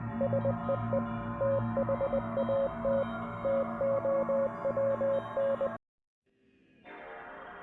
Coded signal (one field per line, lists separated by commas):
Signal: Morse code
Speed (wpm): 20 wpm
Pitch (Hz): 550 Hz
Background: none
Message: SEE THAT TOWN